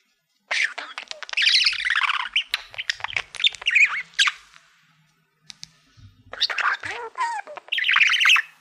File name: Budgie Sounds